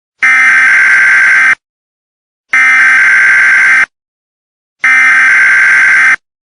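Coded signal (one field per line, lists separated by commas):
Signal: Emergency Alert System (SAME) tones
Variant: header bursts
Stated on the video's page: Fictional EAS scenario about a plague outbreak, a simulated alert.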